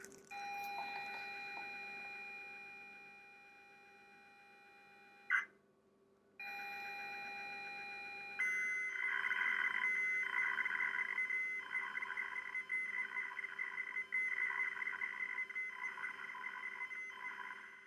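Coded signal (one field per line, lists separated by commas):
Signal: ZX Spectrum tape loading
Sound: steady pitched lead tone, a brief pause, then long harsh buzzing data screech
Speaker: I particularly remember the change in tone when it switches from loading the bi of the image the individual pixels to the color information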